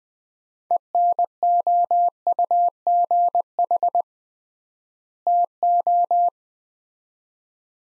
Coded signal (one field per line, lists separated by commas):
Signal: Morse code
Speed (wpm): 20 wpm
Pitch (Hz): 700 Hz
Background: none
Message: ENOUGH TO